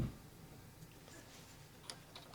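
A plastic hard drive retaining clip is handled and lined up to be pushed into a PlayStation 3 Slim game console chassis. Only a quiet background is heard, with two faint ticks near the end at about 1.9 s and 2.2 s. The clip has not locked into place yet; nothing has seated or clicked.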